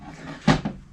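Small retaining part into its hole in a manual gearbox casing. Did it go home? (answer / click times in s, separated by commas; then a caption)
yes / 0.7 s. During reassembly of a JC5 manual gearbox, a small retaining part is pushed through its little hole in the gearbox casing until it seats. A louder broadband knock at about 0.5 s is followed by a single short, sharp click at 0.7 s as the part clicks into place, confirming it is seated.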